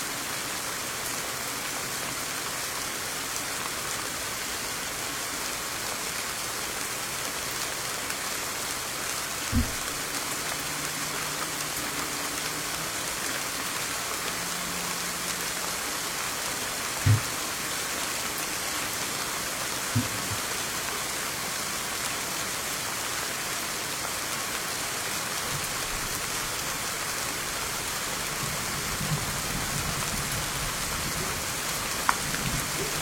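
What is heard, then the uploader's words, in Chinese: Rain and a flowing stream make a steady, dense hiss that stays at an even level for the whole recording, bright. A few sharp knocks stand out near 10, 17, 20 and 33 seconds, with faint low tones murmuring underneath. 下雨溪流。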